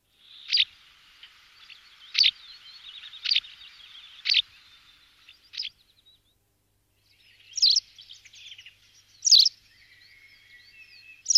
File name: Canto do alveola cinzenta